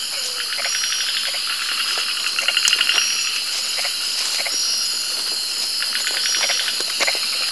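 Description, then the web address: Insects calling, a dense, high, steady buzzing with bursts of rapid pulsed trills. Hot ambience. "Zero-G Ambient 1 HOT INSECTS HOT INSECTS"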